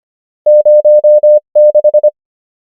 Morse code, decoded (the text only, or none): 0 6